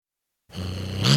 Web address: BBC Cats Growling. tom cat growl and hiss